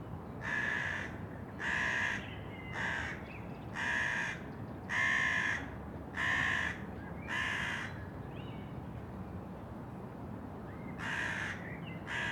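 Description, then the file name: Crow giving loud, harsh caws: a run of seven rough calls roughly one per second, a short silence, then two more caws, with steady low noise beneath. "Crow Calling Caw"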